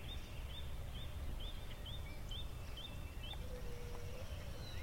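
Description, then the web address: Bird calls in a forest, a series of short high chirps repeated about twice a second, a low whistled note later, over steady rushing background noise. "lynne-publishing Pretty Forest Birds"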